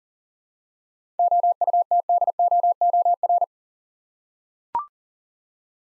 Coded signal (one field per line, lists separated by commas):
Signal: Morse code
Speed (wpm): 37 wpm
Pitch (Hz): 700 Hz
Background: none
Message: OUTDOOR